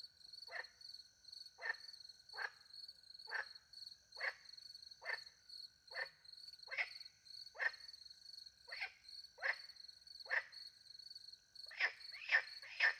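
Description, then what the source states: Frog croaks come steadily about once a second, ending in a quick cluster of overlapping calls, while crickets keep up a bright pulsing trill. Frogs with crickets in the countryside by night, France; microphones hidden in a tree close to a little pond; recorded with two Usi Pro mics into a MixPre-10 II.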